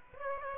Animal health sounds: mosquito wingbeat signal from an infrared sensor; Aedes aegypti

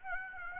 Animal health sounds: mosquito wingbeat signal from an infrared sensor; Aedes aegypti

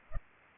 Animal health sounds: mosquito wingbeat signal from an infrared sensor; Culex pipiens

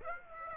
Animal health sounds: mosquito wingbeat signal from an infrared sensor; Aedes aegypti

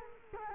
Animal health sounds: mosquito wingbeat signal from an infrared sensor; Culex quinquefasciatus

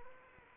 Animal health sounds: mosquito wingbeat signal from an infrared sensor; Anopheles arabiensis

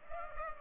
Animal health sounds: mosquito wingbeat signal from an infrared sensor; Culex pipiens

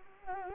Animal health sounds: mosquito wingbeat signal from an infrared sensor; Anopheles arabiensis

